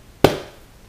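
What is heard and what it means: A plastic lid is pressed onto a reusable glass KeepCup coffee cup and pops into place with one sharp pop at 0.2 seconds. The pop decays over roughly a quarter second, then only quiet background remains. The lid is seated.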